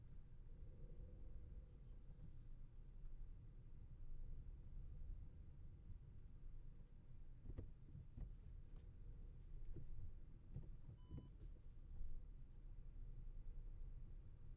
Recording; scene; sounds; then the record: everyday scene through a hearing-aid microphone; in a vehicle; engine, rumble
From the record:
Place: Skoda Fabia, gasoline engine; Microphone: behind the ear, left, rear